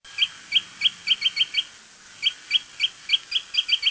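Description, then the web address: Crossbill calls: sharp chip notes in two quick series of about seven and eight notes, separated by a short pause, over a quiet background. "naturesongs crossbill"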